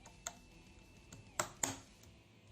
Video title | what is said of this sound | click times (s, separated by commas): Składanie pc razem z Mikusiem | prostu zamierzacie tę pamięć RAM aż usłyszycie charakterystyczne Pstryknięcie nie wiem czy to akurat to w zeszycie teraz będę cicho | 1.4 s, 1.6 s